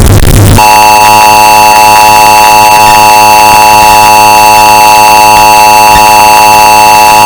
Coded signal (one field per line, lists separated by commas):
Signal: Emergency Alert System (SAME) tones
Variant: 853 and 960 Hz attention tone